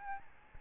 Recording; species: mosquito wingbeat signal from an infrared sensor; Aedes albopictus